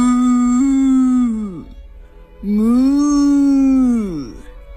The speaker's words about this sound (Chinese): 奶牛哞哞叫着，送给小熊们一瓶又一瓶，一桶又一桶刚刚挤出来的热牛奶。